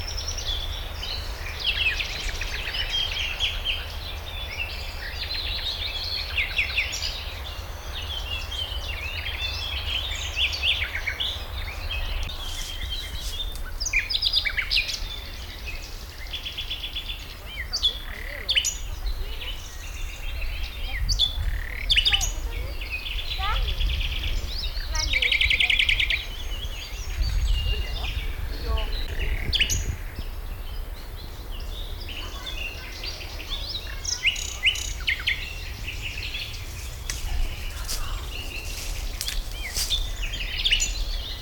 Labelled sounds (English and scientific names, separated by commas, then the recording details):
Garden Warbler (Sylvia borin)
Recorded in the wild
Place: Karower Teiche, Naturpark Barnim, Berlin, DE
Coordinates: 52.7, 13.53
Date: 1996-05-16 14:15
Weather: bedeckt, 11-14°C
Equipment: Sony MD-WM MZ-R3, Sennheiser MKH 416 T, Kopie Uher 4000 Report Monitor
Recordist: Tembrock, Günter
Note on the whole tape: Gesang